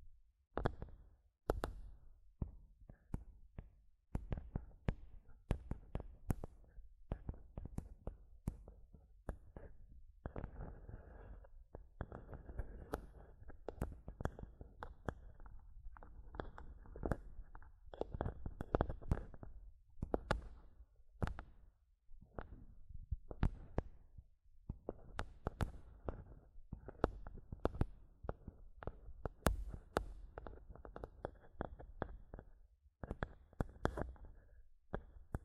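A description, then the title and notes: Mic tapping and scratching, with sharp, irregular taps and thumps landing every fraction of a second across the whole clip. Between the hits come stretches of dense, rough scratching, notably around 10–20 seconds and again after 25 seconds, with a few brief pauses. ASMR Mic Tapping and Scratching (No Talking).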